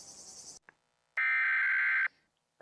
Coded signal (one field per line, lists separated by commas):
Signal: Emergency Alert System (SAME) tones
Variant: header bursts